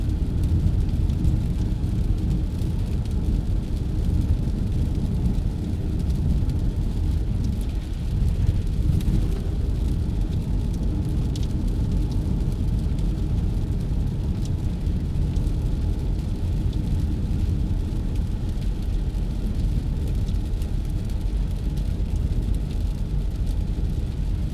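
Rain drums on a car roof while the road hums steadily underneath, a dense low rumble that holds even throughout. The patter stays thick and continuous, with a faint brighter swell around nine seconds and soft fine ticks scattered over the top.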